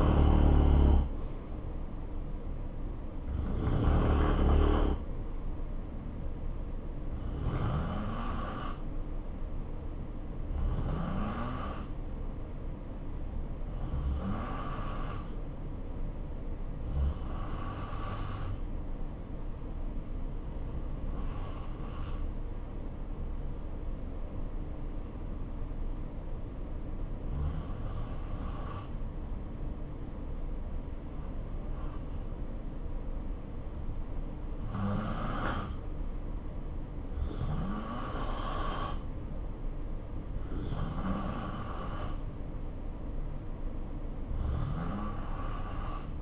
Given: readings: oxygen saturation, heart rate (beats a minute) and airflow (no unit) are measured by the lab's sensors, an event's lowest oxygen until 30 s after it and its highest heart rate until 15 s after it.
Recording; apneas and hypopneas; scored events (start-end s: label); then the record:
breathing in sleep by a smartphone at the bedside; 1
4.00-41.80 s: hypopnea (N2, oxygen 93% highest, then 89% lowest, heart rate 63 at the start, 69 highest)
From the record:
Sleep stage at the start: N2 (light sleep); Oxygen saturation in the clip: 89 to 93%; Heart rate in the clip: 60 to 69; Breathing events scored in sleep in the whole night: 277 in 7.4 hours asleep